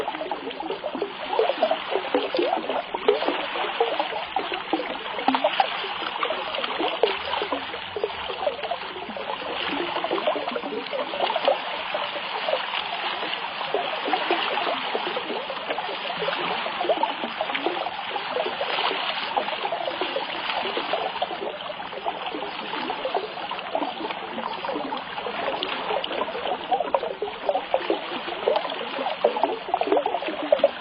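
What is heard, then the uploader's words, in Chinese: Lake water laps and trickles in a steady, dense wash of small splashes that runs without pause for the whole half minute. The sound sits mid-toned, lacking deep rumble or sharp highs, with only gentle swells in level. 湖水聲音。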